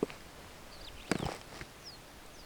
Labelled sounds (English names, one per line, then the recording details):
Superb Starling flight call
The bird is a female
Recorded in Kenya on 5 July 2010
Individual 85, of group SRB1